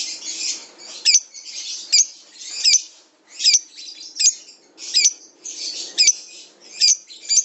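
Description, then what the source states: Lovebird chattering song, high squeaky twittering broken by sharp shrill notes about every three-quarters of a second, with brief pauses between bursts. Kept lovebird used as a master singer for other birds; long ngekek-style trill used as a lure call (kicau pancingan).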